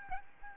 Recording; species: mosquito wingbeat signal from an infrared sensor; Aedes albopictus